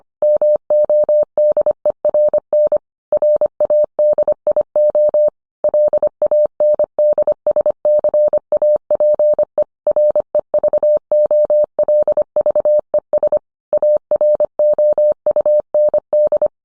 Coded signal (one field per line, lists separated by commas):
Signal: Morse code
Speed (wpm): 25 wpm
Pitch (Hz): 600 Hz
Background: none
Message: MODERN RADIO LANDSCAPE REVOLVES AROUND